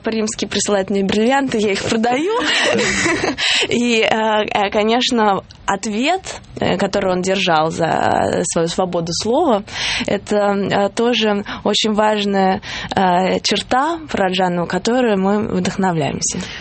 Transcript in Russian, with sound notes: Папа Римский присылает мне бриллианты. Я их продаю. (смех) И, конечно, ответ, который он держал за свою свободу слова – это тоже очень важная черта Параджанова, которой мы вдохновляемся.